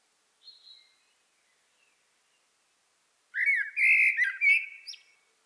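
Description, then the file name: Common blackbird song: a faint high squeak, a pause, then a loud, rich, fluted warbling phrase with a squeaky finish. "Turdus merula"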